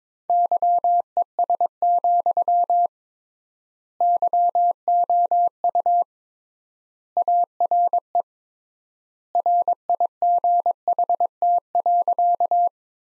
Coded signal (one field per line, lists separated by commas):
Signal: Morse code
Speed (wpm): 23 wpm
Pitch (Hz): 700 Hz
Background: none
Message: YES, YOU ARE RIGHT.